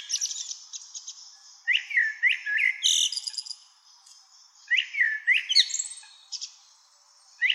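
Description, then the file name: Common blackbird song with repeated low rising fluted notes in short groups, topped by thin high twittering, two main bursts with quieter stretches between. "Turdus merula"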